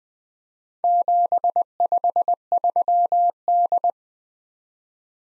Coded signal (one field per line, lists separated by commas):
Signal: Morse code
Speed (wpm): 21 wpm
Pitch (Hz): 700 Hz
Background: none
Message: 753D